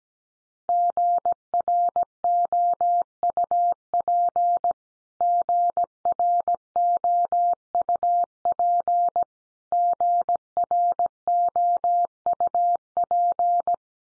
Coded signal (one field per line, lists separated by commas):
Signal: Morse code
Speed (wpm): 17 wpm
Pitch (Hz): 700 Hz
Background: none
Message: GROUP GROUP GROUP